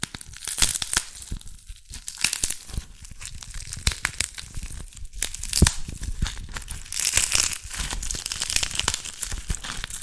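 Dalgona candy being tapped and cracked, heard as a dense, irregular stream of sharp clicks, snaps and crinkly crunches throughout. Bright, brittle crackling swells around the seventh second, with brief quieter gaps near two and five seconds.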